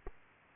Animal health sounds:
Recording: mosquito wingbeat signal from an infrared sensor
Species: Aedes aegypti

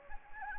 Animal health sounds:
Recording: mosquito wingbeat signal from an infrared sensor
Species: Anopheles gambiae

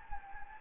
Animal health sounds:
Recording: mosquito wingbeat signal from an infrared sensor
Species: Anopheles gambiae

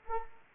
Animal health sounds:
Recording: mosquito wingbeat signal from an infrared sensor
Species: Anopheles arabiensis

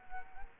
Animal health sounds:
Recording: mosquito wingbeat signal from an infrared sensor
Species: Culex quinquefasciatus

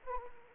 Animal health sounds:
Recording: mosquito wingbeat signal from an infrared sensor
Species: Anopheles arabiensis

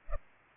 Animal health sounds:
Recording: mosquito wingbeat signal from an infrared sensor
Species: Culex pipiens

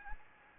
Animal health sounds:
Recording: mosquito wingbeat signal from an infrared sensor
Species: Anopheles gambiae

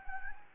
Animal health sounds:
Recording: mosquito wingbeat signal from an infrared sensor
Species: Anopheles gambiae

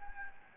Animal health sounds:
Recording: mosquito wingbeat signal from an infrared sensor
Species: Anopheles gambiae

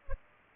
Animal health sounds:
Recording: mosquito wingbeat signal from an infrared sensor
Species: Culex pipiens

